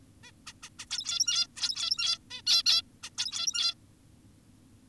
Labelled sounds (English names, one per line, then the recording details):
Zebra Finch
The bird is an adult
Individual g17y2U